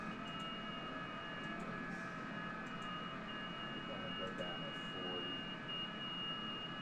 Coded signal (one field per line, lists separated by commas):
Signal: FT8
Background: speech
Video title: FT8 QRP 20 and 40 meters #hamradio #ft8